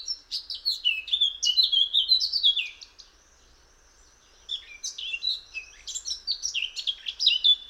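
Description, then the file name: Eurasian blackcap song: rapid, varied warbling phrases of sweet whistles and chirps, pausing for about a second and a half before resuming. "Sylvia atricapilla"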